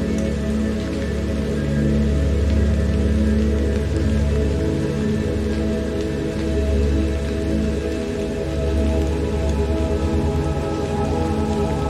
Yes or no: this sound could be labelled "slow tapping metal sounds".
no